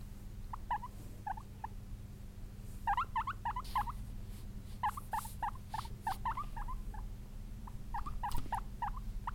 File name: Cute guinea pig